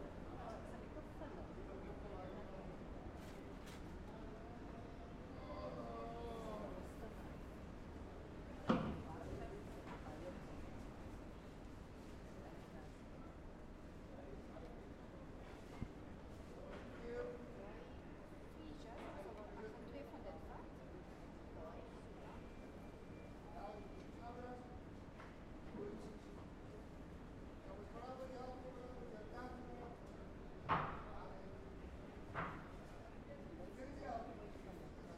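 A busy flower market with voices throughout: sellers chatting and greeting customers, overlapping conversation that never lets up. A low, steady traffic rumble runs underneath, with a few sharp knocks and clatters, notably around 9 seconds and again near 31 seconds.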